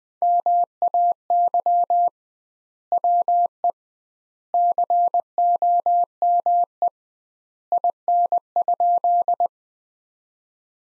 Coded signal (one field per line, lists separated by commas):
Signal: Morse code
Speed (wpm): 21 wpm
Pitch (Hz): 700 Hz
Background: none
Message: MAY WE COME IN?